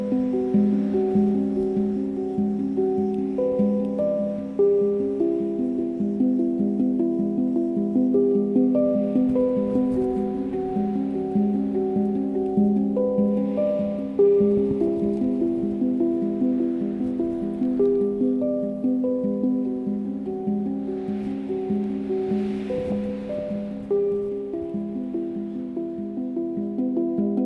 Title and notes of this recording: Handpan player in the free camping spot of Kedrodasos. Handpan player, crickets, footsteps, sea waves and wind